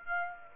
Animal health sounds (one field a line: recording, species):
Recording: mosquito wingbeat signal from an infrared sensor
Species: Aedes aegypti